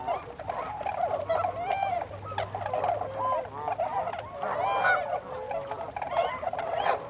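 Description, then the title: Tundra swan flock calls, continuous chorus of mellow whooping notes with some higher yelps. Several tundra swans recorded together on 26 December 2020. "2020-12-26-Tundra-Swans"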